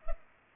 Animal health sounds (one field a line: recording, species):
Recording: mosquito wingbeat signal from an infrared sensor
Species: Culex pipiens